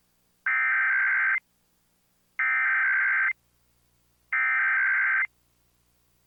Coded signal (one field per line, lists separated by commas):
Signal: Emergency Alert System (SAME) tones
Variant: header bursts